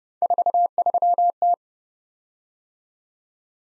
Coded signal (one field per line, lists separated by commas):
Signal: Morse code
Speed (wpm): 30 wpm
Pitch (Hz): 700 Hz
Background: none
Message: 43T